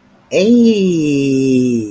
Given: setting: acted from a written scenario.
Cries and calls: vocal sound without words; interest

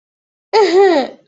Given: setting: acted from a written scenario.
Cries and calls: vocal sound without words; embarrassment

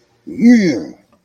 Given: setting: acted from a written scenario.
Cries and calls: vocal sound without words; elation

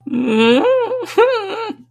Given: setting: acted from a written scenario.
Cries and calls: vocal sound without words; distress

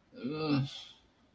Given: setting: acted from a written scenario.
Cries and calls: vocal sound without words; shame

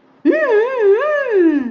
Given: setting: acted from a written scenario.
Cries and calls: vocal sound without words; desire

